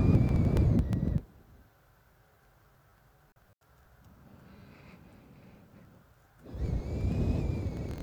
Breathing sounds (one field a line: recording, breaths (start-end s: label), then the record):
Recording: nose breathing near a microphone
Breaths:
0.00-2.32 s: exhalation
4.27-6.26 s: inhalation
6.26-8.03 s: exhalation
From the record:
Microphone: phone